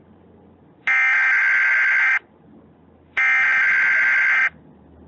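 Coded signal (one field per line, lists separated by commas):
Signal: Emergency Alert System (SAME) tones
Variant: header bursts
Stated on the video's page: Fictional EAS scenario using actual EAS alert tones.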